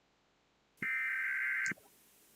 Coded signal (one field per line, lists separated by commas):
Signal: Emergency Alert System (SAME) tones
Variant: header bursts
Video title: watching EAS scenarios and hanging out part 3